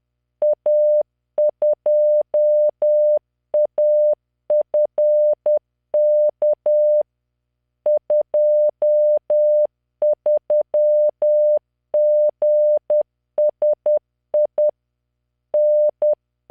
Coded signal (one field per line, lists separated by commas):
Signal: Morse code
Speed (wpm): 10 wpm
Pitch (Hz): 600 Hz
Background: none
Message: A2AFK 23GSI N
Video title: tamanのモールス練習動画94（モールス信号 速度10WPM morse code)